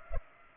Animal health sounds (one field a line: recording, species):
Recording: mosquito wingbeat signal from an infrared sensor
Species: Culex pipiens